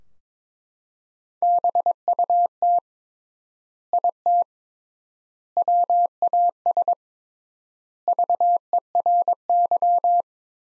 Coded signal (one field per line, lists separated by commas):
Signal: Morse code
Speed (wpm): 22 wpm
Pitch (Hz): 700 Hz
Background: none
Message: BUT IT WAS VERY